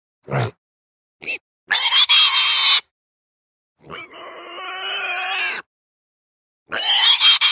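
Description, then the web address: Pig squealing: two short sounds, then three long harsh high-pitched squeals separated by pauses. "свинья"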